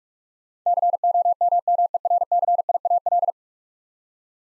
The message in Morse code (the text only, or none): COMMERCIAL